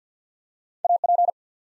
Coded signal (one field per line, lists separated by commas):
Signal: Morse code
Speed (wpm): 50 wpm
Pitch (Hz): 700 Hz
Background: none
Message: A P